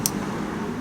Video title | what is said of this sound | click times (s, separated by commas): THESE LED SIDEMARKERS ARE A GAME CHANGER FOR MY 2019 MUSTANG GT | Until it clicks, | 0.1 s